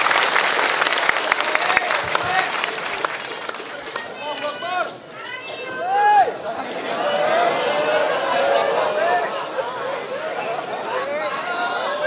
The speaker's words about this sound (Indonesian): kepada beliau kami persilahkan. Kami persilahkan. Tepuk tangannya.